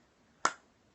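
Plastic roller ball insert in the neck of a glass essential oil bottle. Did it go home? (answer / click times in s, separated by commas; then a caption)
released / 0.5 s. A plastic roller ball insert is tipped sideways to pry it out of the neck of a small glass essential oil bottle. A single sharp, bright pop sounds at 0.45 s and fades within about 0.2 s against a quiet background. The insert is released and comes right out of the bottle.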